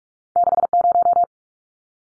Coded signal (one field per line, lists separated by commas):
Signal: Morse code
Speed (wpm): 44 wpm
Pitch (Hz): 700 Hz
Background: none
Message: 60